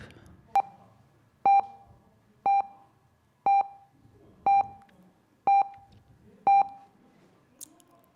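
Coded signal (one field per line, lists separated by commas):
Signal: radio time signal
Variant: NRK time pips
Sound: seven short, clear mid-pitched beeps, evenly spaced one second apart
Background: quiet room murmur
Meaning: The pips mark seconds for time calibration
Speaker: The time pips is another one it's very important, you know. I'll play a little time pip.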